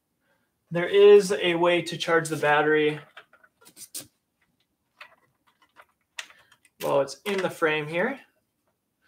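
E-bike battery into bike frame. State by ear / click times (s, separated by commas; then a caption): not seated / none. Someone talks while handling the removable battery of a Biktrix Kutty FS e-bike at the bike frame, with a few faint ticks and taps between about 3.4 and 6.7 seconds, the sharpest near 6.2 seconds. The battery has not seated or clicked into place yet.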